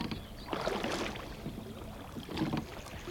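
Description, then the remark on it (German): A small rowboat with people aboard rocks on water by a jetty, with soft lapping and sloshing that swells twice, once early and again near the end, over a steady low background wash. No one speaks. “Naja, wir im Kahn und er auf dem Steg.”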